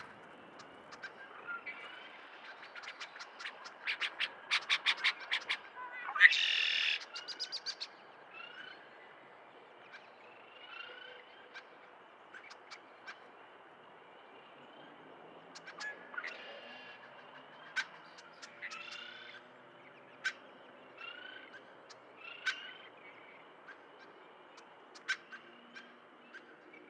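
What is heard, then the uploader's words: Dusk sounds in a marsh: a steady low murmur underlies repeated bright chirps and clicks, with a dense cluster of sharp taps and a short hissing scrape around six seconds. Later, scattered whistled calls and isolated clicks recur every second or two until the end. Dusk Sounds in Miner's Marsh. Miner's Marsh, Annapolis Valley, Nova Scotia.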